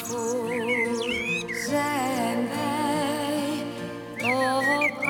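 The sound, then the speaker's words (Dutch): Quick rising bird chirps and tweets come in short bursts at the start and again near the end, layered over sustained, wavering musical tones that play throughout. “Dat is vogelvlucht. Die vogels.”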